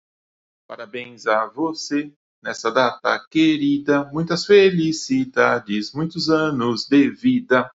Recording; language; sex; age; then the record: short text; Brazilian Portuguese; male; 50 to 59 years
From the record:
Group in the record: control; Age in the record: 57 years